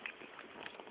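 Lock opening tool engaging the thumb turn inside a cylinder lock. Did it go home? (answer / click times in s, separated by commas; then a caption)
no / none. A lock opening tool is gently worked and jiggled inside a cylinder lock against the thumb turn, making soft scraping and rattling sounds. The tool has not yet clicked into position on the thumb turn, and nothing has seated by the end.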